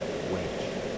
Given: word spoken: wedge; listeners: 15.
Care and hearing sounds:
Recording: one English word in noise, from a listening test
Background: speech-shaped noise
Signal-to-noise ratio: -4.8 dB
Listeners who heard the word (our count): 3 of 15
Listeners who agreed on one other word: 7 of 15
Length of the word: 0.58 s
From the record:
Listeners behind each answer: 7, 3, 1, 1, 1, 1, 1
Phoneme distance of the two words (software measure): 20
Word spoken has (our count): 1 syllable, 3 phonemes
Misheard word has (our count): 1 syllable, 3 phonemes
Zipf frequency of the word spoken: 3.45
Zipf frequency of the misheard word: 4.06

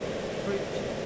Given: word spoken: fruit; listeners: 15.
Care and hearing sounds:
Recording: one English word in noise, from a listening test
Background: speech-shaped noise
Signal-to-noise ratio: -4.8 dB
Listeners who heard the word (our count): 6 of 15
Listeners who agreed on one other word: 6 of 15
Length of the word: 0.66 s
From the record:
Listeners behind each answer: 6, 6, 2, 1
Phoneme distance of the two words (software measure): 10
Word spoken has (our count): 1 syllable, 4 phonemes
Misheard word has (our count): 1 syllable, 4 phonemes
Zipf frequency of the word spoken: 4.73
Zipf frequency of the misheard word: 3.33

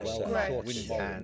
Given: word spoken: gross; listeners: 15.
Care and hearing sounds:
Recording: one English word in noise, from a listening test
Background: four-talker babble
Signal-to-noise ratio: -2.8 dB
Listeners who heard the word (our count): 1 of 15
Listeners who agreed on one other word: 6 of 15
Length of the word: 0.84 s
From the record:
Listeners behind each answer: 6, 2, 2, 2, 1, 1, 1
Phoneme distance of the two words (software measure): 10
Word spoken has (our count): 1 syllable, 4 phonemes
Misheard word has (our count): 1 syllable, 4 phonemes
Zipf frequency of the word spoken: 4.04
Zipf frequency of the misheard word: 4.91

